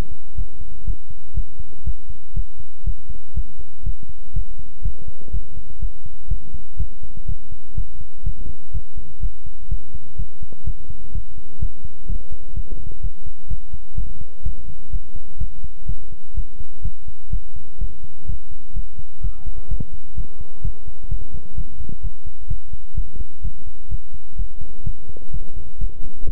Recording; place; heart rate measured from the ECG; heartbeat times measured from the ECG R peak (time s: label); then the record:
heart sounds by stethoscope; between the tricuspid and mitral areas; 125 bpm
0.35 s: heartbeat
0.85 s: heartbeat
1.34 s: heartbeat
1.84 s: heartbeat
2.34 s: heartbeat
2.84 s: heartbeat
3.34 s: heartbeat
3.84 s: heartbeat
4.33 s: heartbeat
4.82 s: heartbeat
5.31 s: heartbeat
5.80 s: heartbeat
6.28 s: heartbeat
6.77 s: heartbeat
7.26 s: heartbeat
7.75 s: heartbeat
8.24 s: heartbeat
8.72 s: heartbeat
9.20 s: heartbeat
9.69 s: heartbeat
10.16 s: heartbeat
10.64 s: heartbeat
11.12 s: heartbeat
11.59 s: heartbeat
12.06 s: heartbeat
12.54 s: heartbeat
13.01 s: heartbeat
13.48 s: heartbeat
13.95 s: heartbeat
14.43 s: heartbeat
14.90 s: heartbeat
15.38 s: heartbeat
15.86 s: heartbeat
16.34 s: heartbeat
16.82 s: heartbeat
17.30 s: heartbeat
17.79 s: heartbeat
18.26 s: heartbeat
18.73 s: heartbeat
19.21 s: heartbeat
19.68 s: heartbeat
20.15 s: heartbeat
20.62 s: heartbeat
21.09 s: heartbeat
21.55 s: heartbeat
22.01 s: heartbeat
22.48 s: heartbeat
22.95 s: heartbeat
23.42 s: heartbeat
23.89 s: heartbeat
24.36 s: heartbeat
24.84 s: heartbeat
25.31 s: heartbeat
25.79 s: heartbeat
26.26 s: heartbeat
From the record:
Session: pedaling a stationary bicycle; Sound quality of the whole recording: good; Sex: male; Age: 24 years